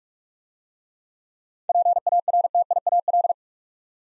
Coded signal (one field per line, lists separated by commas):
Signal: Morse code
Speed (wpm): 44 wpm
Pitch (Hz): 700 Hz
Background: none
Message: PARTIAL